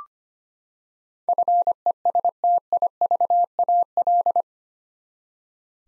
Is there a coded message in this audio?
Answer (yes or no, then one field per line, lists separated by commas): yes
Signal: Morse code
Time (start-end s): 1.3-4.4 s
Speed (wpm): 25 wpm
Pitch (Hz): 700 Hz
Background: none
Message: FESTIVAL